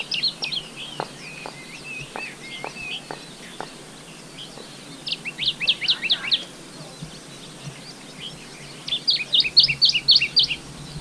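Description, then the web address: Dusky warbler song: fast phrases of repeated sharp high notes, separated by quieter spells with a few thin notes and faint clicks. Recorded in Guangxi, China, on 15 April 2012. "Dusky Warbler Song 120415 Guangxi. pouillot brun phylloscopus fuscatus"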